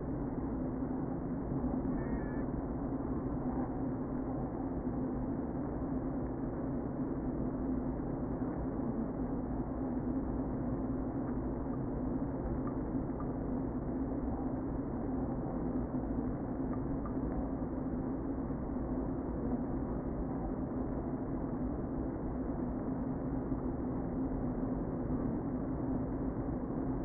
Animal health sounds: honeybee colony, microphone inside the hive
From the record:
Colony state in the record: queen present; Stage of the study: before two queens were removed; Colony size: about 60,000 bees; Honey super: yes

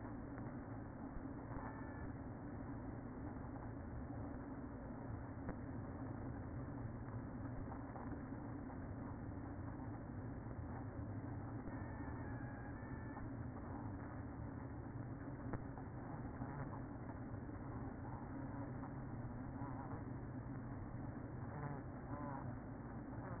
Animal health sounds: honeybee colony, microphone inside the hive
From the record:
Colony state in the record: queen present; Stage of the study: after two queens were removed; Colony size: about 60,000 bees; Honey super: yes

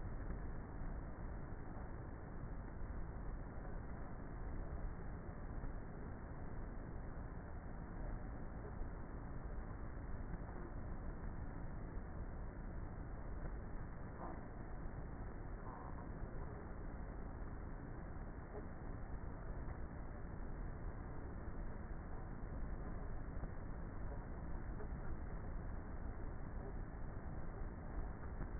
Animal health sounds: honeybee colony, microphone inside the hive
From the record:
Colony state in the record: queenless with a low population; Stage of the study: before two queens were removed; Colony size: about 30,000 bees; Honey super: no

